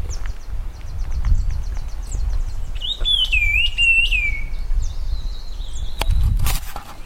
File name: laughingthrush-black-faced -Trochalopteron-affine